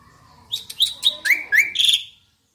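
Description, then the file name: Asian pied starling phrase: a string of short whistled notes falling in pitch, ending in a bright fluttering note. Indonesian name jalak suren; the singing is described as gacor. "suara burung jalak suren gacor"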